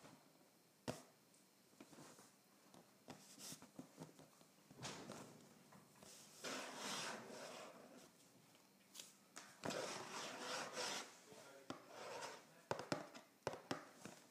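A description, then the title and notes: Someone scratches and taps on a cardboard box, with sharp knocks near one second, ten seconds and in a quick cluster around twelve to thirteen seconds. Between them come rough, hissy scraping stretches that swell and fade, busiest from about five to eleven seconds. ASMR Scratching and Tapping a Cardboard Box.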